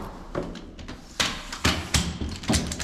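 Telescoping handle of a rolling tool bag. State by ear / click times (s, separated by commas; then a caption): seated / 2.7 s. The telescoping handle of a Husky 18 in rolling toolbox, loaded with about 20 lb of gear and standing on a landing, is pulled up to full extension with a series of sharp clacks and rattles. The handle locks in place with a short, sharp click at 2.7 s.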